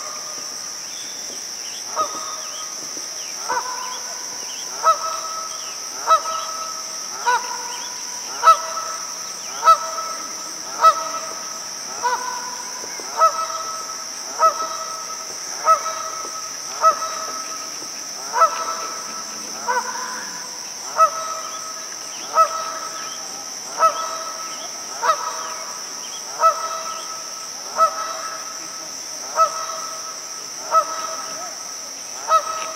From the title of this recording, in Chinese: 威利野生动物沼泽，格洛弗斯维尔，纽约，美国